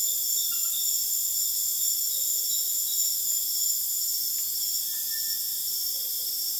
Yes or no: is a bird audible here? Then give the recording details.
no. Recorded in dense forest near Puerto Asís, Putumayo, Colombia, on 23 June 2025 at 21:00. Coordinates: 0.484, -76.325. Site H65